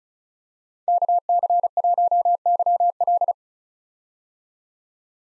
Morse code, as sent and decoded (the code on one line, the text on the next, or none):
-.- -.-. .---- -.-- .-..
KC1YL